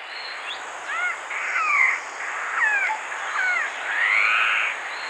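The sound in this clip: Raffles's malkoha calls: a run of short downward-curving mewing notes, some doubled, with broader slurred notes.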